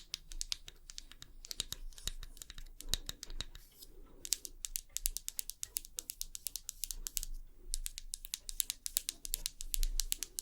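Rapid, irregular tapping with sharp, bright clicks like fingers on a keyboard, coming in dense bursts. Brief pauses break the run near four and seven and a half seconds before the quick taps resume. A low, steady hum sits underneath throughout.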